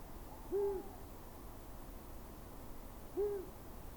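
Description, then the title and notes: Long-eared owl hooting, two soft low single hoots about two and a half seconds apart, over a quiet hissing background. Male's soft distant hooting for nearly twenty minutes around midnight, edge of a small Scots pine wood, at the thaw, 17 February 2021, Plateau de Lesches-en-Diois, Drôme; Nagra BB+, MKH40 cardioid pair. "17 février 2021-Plateau de Lesches en diois - Drôme - Nagra BB+ - couple cardio mkh40. Durant la nuit vers minuit un hibou moyen-duc est venu chanter au loin"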